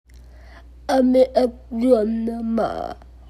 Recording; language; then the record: elicited speech; Bengali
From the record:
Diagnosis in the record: Broca's or global aphasia after a stroke